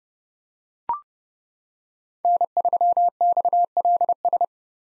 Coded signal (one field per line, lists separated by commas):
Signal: Morse code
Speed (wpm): 31 wpm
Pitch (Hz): 700 Hz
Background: none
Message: N3XLS